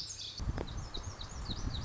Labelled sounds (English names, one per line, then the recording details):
Lazuli Bunting
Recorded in Sonoma County, California